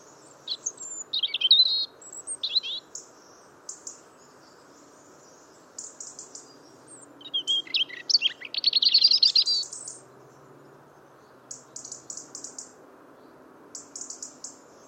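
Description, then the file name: European robin song: scattered thin high notes and short twittering bursts, with one louder rapid trill in the middle, against a low steady hum. "Erithacus rubecula"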